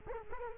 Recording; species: mosquito wingbeat signal from an infrared sensor; Culex quinquefasciatus